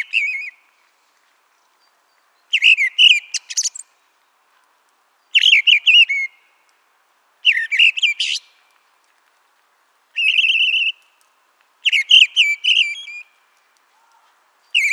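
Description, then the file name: Mistle thrush: several short phrases of whistled notes mixed with scratchy high twittering, separated by pauses of a second or two. "turdus viscivorus"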